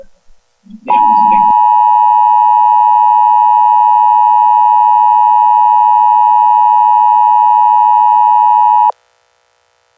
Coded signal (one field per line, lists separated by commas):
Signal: Emergency Alert System (SAME) tones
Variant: 853 and 960 Hz attention tone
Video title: EAS Generator (not on tv)